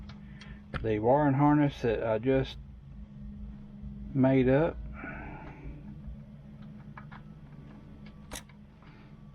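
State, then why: Seated. Someone talks as a homemade plastic wiring harness connector is pushed into the back of the radio in a 1998 Jeep Wrangler. A short, sharp click at 7.0 s marks the connector latching, and it is fully seated.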